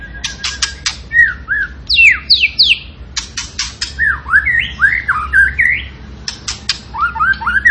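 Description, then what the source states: Zebra finch delivering a busy song of loud nasal calls and bouncing whistled slurs that rise and dip repeatedly, low hum underneath. Cage bird in vigorous song, used for training other birds to sing.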